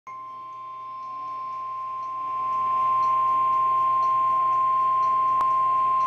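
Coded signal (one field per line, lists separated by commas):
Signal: Emergency Alert System (SAME) tones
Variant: 1050 Hz attention tone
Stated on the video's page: Special marine warning for a waterspout, received on weather radio.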